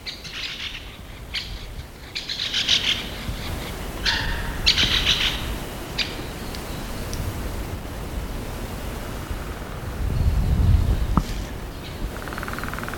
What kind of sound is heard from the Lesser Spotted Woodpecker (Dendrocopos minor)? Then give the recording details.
drumming. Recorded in the wild. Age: adult. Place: Mühlenbecker Wald, Brandenburg, DE. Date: 1987-04-19 11:40. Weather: overcast, 15°C. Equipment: Nagra SN, Kopie Tesla B 116. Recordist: Tembrock, Günter